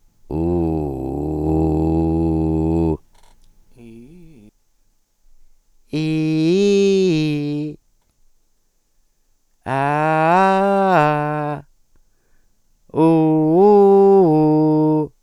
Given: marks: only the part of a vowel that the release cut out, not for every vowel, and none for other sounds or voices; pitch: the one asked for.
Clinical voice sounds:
sustained vowels; male; 50 to 59 years; 0; 0; 0
0.48-2.81 s: vowel /u/, low pitch
6.02-7.60 s: vowel /i/, low-high-low pitch
9.78-11.47 s: vowel /a/, low-high-low pitch
13.08-14.94 s: vowel /u/, low-high-low pitch
From the record:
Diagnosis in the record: hypopharyngeal tumor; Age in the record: 50 years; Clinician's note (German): Großes Ca re, ohne strob. Abweichung

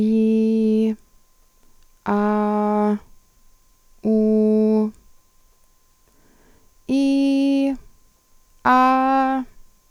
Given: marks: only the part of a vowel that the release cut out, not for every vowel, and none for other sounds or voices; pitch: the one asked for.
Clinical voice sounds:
sustained vowels; female; 20 to 29 years; 0; 0; 0
0.00-0.88 s: vowel /i/, normal pitch
2.12-2.92 s: vowel /a/, normal pitch
4.09-4.80 s: vowel /u/, normal pitch
6.94-7.68 s: vowel /i/, high pitch
8.72-9.37 s: vowel /a/, high pitch
From the record:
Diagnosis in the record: dysarthrophonia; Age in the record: 29 years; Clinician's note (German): Z.B. Dysarthrophonie

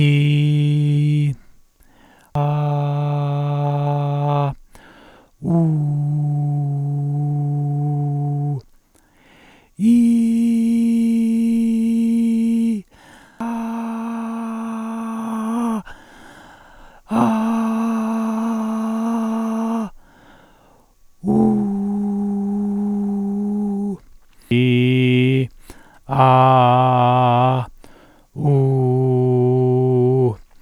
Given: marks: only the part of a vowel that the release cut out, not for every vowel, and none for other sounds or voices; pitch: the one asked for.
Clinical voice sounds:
sustained vowels; male; 40 to 49 years; 2; 1; 2
0.00-1.23 s: vowel /i/, normal pitch
2.43-4.33 s: vowel /a/, normal pitch
6.71-7.75 s: vowel /u/, normal pitch
24.55-25.39 s: vowel /i/, low pitch
26.24-27.55 s: vowel /a/, low pitch
28.52-30.23 s: vowel /u/, low pitch
From the record:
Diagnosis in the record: recurrent laryngeal nerve paralysis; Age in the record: 43 years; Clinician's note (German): Re, nach Halswirbelsäulenfraktur (in Intermediärstellung ohne Restbeweglichkeit)

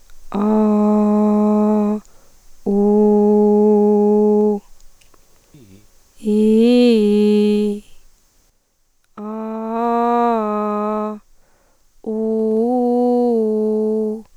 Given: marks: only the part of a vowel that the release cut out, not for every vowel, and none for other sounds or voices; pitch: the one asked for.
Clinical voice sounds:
sustained vowels; female; 30 to 39 years; 2; 1; 2
0.45-1.79 s: vowel /a/, low pitch
3.33-4.45 s: vowel /u/, low pitch
6.35-7.56 s: vowel /i/, low-high-low pitch
9.30-11.00 s: vowel /a/, low-high-low pitch
12.22-14.03 s: vowel /u/, low-high-low pitch
From the record:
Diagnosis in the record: hyperfunctional dysphonia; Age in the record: 34 years

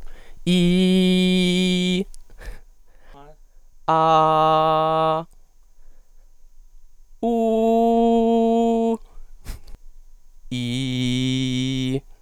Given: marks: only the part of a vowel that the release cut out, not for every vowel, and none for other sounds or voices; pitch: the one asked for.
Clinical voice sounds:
sustained vowels; male; 20 to 29 years; 0; 0; 0
0.55-1.94 s: vowel /i/, high pitch
3.93-5.14 s: vowel /a/, high pitch
7.30-8.89 s: vowel /u/, high pitch
10.58-11.90 s: vowel /i/, low pitch
From the record:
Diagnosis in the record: healthy voice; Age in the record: 22 years

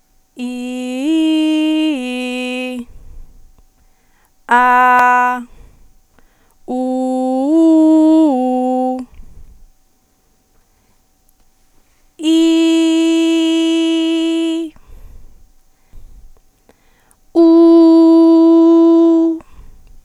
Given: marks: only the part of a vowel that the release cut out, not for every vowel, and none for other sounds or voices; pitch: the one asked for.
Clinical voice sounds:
sustained vowels; female; 20 to 29 years; 0; 0; 0
0.52-2.64 s: vowel /i/, low-high-low pitch
6.75-8.86 s: vowel /u/, low-high-low pitch
12.35-14.48 s: vowel /i/, high pitch
17.41-19.28 s: vowel /u/, high pitch
From the record:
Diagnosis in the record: healthy voice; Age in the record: 23 years

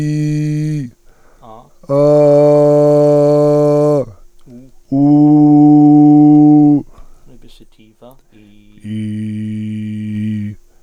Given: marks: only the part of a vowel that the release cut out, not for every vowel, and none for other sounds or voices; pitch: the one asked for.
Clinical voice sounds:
sustained vowels; male; 60 to 69 years; 2; 0; 2
0.00-0.70 s: vowel /i/, high pitch
2.20-3.75 s: vowel /a/, high pitch
5.33-5.85 s: vowel /u/, high pitch
9.54-10.34 s: vowel /i/, low pitch
From the record:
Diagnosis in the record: recurrent laryngeal nerve paralysis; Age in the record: 61 years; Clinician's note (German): Links, Zustand danach, vollkommene restitutio ad integrum

